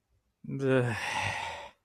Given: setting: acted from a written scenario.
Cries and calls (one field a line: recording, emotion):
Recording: vocal sound without words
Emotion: contempt